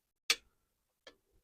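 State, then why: Seated. A folding e-bike's frame latch is locked into place as the folded frame settles into its locking catch. A sharp tick is heard at 0.3 s as the latch engages, followed by a fainter tick near 1.1 s. The latch is seated and secure.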